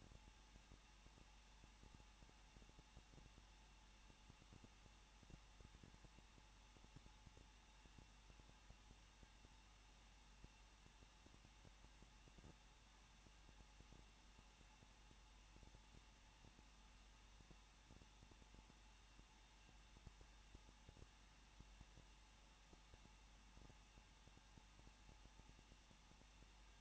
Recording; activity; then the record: daily activity, microphone in the room; no activity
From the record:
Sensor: 1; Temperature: 20.1 degrees Celsius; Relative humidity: 39.1%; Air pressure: 1006.5 hPa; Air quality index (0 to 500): 216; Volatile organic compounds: 73 ppm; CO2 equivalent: 3547 ppm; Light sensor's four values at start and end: 1/2/1/1 and 1/2/1/1